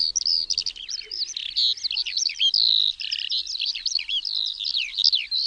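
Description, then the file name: Eurasian skylark song: fast, jumbled high whistles and chirps poured out nonstop, twisting notes rising and falling in a bubbling, unbroken flow. "SKOWRONEK"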